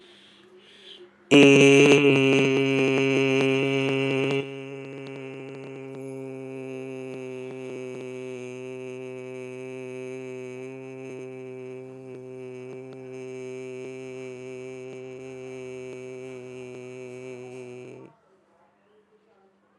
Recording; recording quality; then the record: sustained vowel as in made; poor, much background noise or distortion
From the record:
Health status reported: respiratory illness, not identified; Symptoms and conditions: cough, asthma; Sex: male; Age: 22 years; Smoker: yes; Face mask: not worn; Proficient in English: yes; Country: India